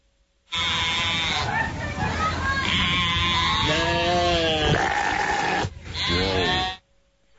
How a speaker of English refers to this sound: see if you can figure out which of these sheep is sick.